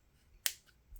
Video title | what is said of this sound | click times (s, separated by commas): Best Cases For The Google Pixel 8 Pro + Spigen Caseology Nillkin Ringke Otterbox Casetify 7a | snaps right in full camera protection now one negative about this | 0.5 s